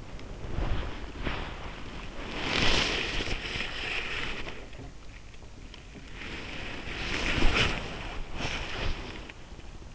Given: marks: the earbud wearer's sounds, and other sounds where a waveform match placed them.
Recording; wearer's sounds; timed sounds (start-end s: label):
sounds in sleep by an in-ear microphone; body movement
0.00-5.07 s: body movement
6.04-9.72 s: body movement